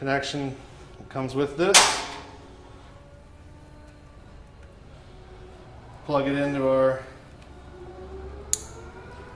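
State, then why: Seated. Someone talks while the 6-pin plug from the fuel tuning module of a Stage 1 kit is pushed into the 6-pin wiring connector on a 2014-and-later Sportster motorcycle. A sharp click at 8.5 s shows the connector has seated.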